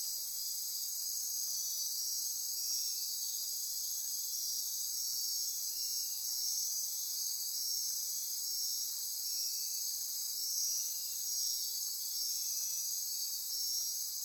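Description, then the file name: Insects in a shrill nocturnal chorus of steady high trills, with short lower notes appearing at intervals. Insect chorus recorded at midnight near Corcovado. "Wind-is-the-Original-Radio-Fridays Andy-Martin Midnight-Insect-Chorus-Near-Corcovado"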